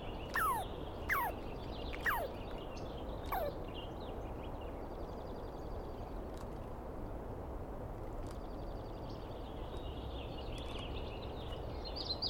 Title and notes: Interview With The Chipmunk. On the morning of 21 April, 2017, I set up my microphones and recorder for a nice dawn recording in the East Cascades. I was started awake by a screaming Douglas Pine Squirrel